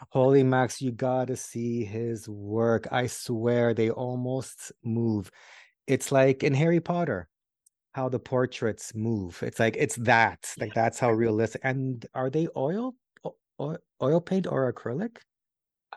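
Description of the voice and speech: An adult man talks casually and fluently, with ordinary pauses, fillers and one brief restart.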